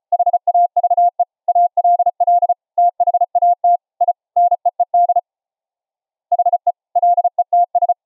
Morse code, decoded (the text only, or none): HAVE ALL THAT I NEED HE LETS